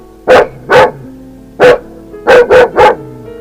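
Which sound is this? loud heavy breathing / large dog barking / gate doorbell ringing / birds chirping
large dog barking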